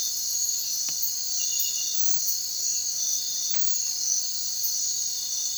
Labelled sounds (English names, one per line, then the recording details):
none
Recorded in secondary vegetation near Puerto Asís, Putumayo, Colombia, on 30 June 2025 at 03:30
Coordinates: 0.499, -76.323
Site G077